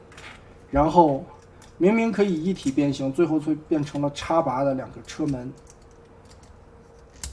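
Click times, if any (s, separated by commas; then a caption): 7.2 s. Someone talks for most of the clip while handling a transforming robot toy, then a plastic ball joint on the toy's car-door part is pressed into its socket. A single sharp click lands at 7.2 seconds as the ball snaps in, and the joint is seated.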